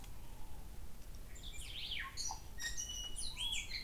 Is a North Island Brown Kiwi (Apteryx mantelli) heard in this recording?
no